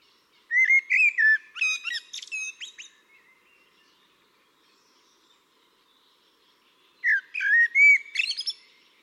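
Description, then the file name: Eurasian blackbird singing two phrases separated by a long pause, each opening with mellow, fluty whistled notes and closing in thin, high, scratchy twittering. "Turdus merula"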